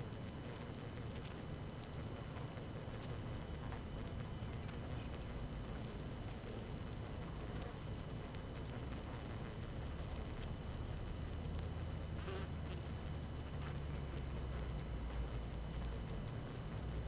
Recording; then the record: honeybee colony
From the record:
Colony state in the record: active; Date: 12 June 2018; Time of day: 17:52